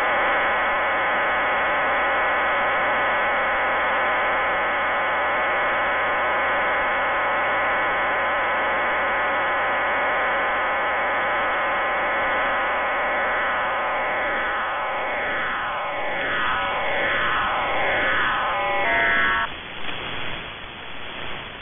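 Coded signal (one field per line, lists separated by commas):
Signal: numbers station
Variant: HM01, RDFT data mode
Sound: dense buzzing chord of many steady tones under hiss, warbling and shifting near the end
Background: radio static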